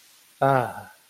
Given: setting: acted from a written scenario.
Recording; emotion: vocal sound without words; contentment